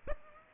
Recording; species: mosquito wingbeat signal from an infrared sensor; Aedes aegypti